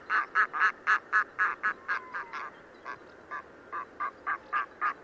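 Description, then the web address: Red-throated loon song: regular, loud, harsh cackling notes repeated several times a second, with a thin drawn-out wailing tone running beneath the middle of the series. "chant xeno-canto plongeon catmarin"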